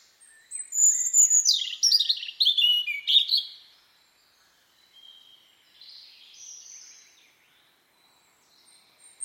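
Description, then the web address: Bird song: a loud, jumbled burst of descending whistles and twitters for about three seconds, then softer, scattered warbling notes. "Bird Only"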